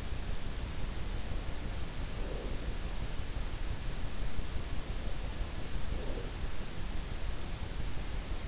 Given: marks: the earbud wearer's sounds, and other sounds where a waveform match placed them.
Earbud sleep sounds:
sounds in sleep by an in-ear microphone; breath
1.78-2.89 s: breath
5.35-6.63 s: breath

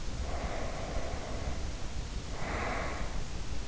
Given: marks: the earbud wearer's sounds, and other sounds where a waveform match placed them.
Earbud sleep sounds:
sounds in sleep by an in-ear microphone; breath
0.00-3.47 s: breath

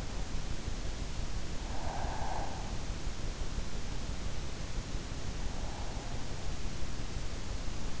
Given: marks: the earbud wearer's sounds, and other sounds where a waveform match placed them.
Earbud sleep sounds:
sounds in sleep by an in-ear microphone; breath
1.55-2.87 s: breath

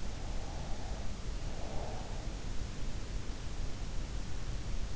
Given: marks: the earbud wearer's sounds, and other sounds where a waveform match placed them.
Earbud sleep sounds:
sounds in sleep by an in-ear microphone; breath
0.18-2.42 s: breath

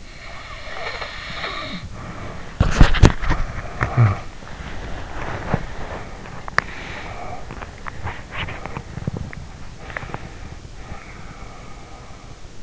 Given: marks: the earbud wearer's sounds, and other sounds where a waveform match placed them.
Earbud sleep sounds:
sounds in sleep by an in-ear microphone; snoring breath, body movement, talking in sleep, teeth grinding, breath
0.00-2.57 s: snoring breath
2.60-10.42 s: body movement
3.84-4.38 s: talking in sleep
6.58-6.81 s: teeth grinding
7.59-9.48 s: teeth grinding
9.80-12.62 s: breath

